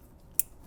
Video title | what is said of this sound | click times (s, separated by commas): Auxiliary Switch Install To Control 2-Step, Nitrous, Line Lock, Traction Control and Stabilitrak!! | other into the wheel sensor click it in place and then put it back on its mounting tab and we're done | 0.4 s